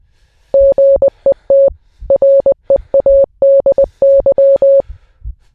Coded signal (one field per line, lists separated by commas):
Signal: Morse code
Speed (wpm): 20 wpm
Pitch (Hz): 550 Hz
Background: none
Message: GET READY